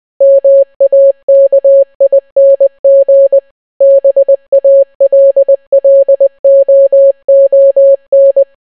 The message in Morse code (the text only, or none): MAKING BALLOON